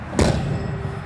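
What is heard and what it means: A door or window on a 2025 Cimarron Norstar 3 Horse Living Quarters trailer is slammed shut right at its latch so the air is pushed out as it closes. A single sharp thump is heard at 0.2 s, followed by a low background hum. The door or window closes at the latch.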